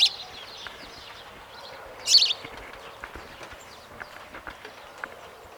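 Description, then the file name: House sparrow chirping: a short bright note at the start and a louder one after two seconds, with soft scattered ticks and background noise. "Passer domesticus"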